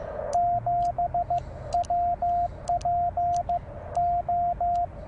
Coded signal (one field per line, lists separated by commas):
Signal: Morse code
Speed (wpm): 15 wpm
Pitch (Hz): 690 Hz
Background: radio noise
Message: 7WPO